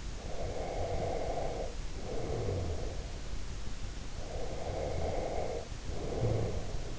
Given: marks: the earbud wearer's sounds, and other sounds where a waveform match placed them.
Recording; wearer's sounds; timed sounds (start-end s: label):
sounds in sleep by an in-ear microphone; breath
0.16-3.07 s: breath
4.16-6.99 s: breath